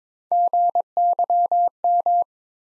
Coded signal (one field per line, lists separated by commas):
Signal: Morse code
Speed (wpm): 22 wpm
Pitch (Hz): 700 Hz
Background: none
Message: GYM